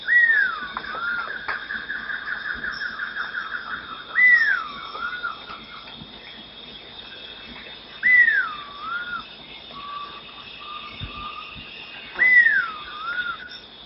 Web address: Natures Songs S America Birds of Ecuador Dusky-Tailed Flatbill